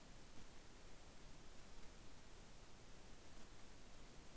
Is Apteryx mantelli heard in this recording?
no